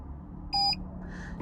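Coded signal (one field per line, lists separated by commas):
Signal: beep code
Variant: Autowatch Ghost 2 immobiliser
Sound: a single short electronic beep, about a fifth of a second, in a quiet room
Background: quiet room, faint rustle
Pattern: 1 short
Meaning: Ready to accept a new password in PIN change mode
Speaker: beeping away at you, try the password one more time. You can now release your feet and it's ready for its new password.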